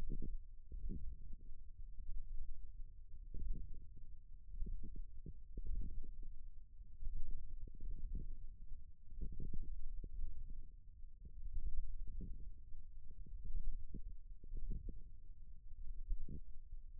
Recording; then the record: forearm muscle sounds (acoustic myography)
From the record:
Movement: wrist flexion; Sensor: system 1, eight BSWA MPA416 microphones around the upper forearm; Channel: 6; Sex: female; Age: 21 years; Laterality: right